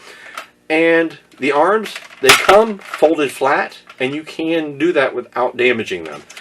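Someone talks while handling the folded-flat plastic arms of an Adventure Force EZ Crossbow toy blaster, folding a crossbow arm against the blaster body, with a brief sharp sound near 0.4 s. Nothing has clicked or locked into place yet.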